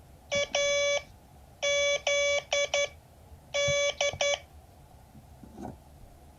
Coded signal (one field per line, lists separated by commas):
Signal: Morse code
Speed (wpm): 11 wpm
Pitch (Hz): 2300 Hz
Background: none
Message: AZD